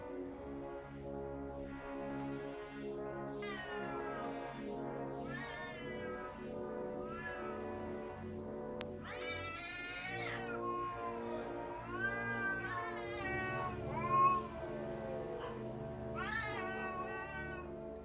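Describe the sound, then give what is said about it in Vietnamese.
A distant cat meows mournfully over and over, long drawn-out yowls that waver, rise and fall in pitch, with a faint steady high whine running underneath. “Chỉ có ở xa xa có tiếng mèo kêu nghe đến não nề.”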